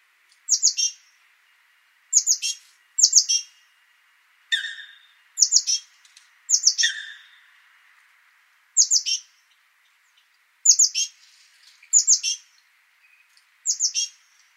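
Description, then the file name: Great tit call notes in quick high clusters, repeated every second or two, a couple of lower harsher notes among them. "Parus major"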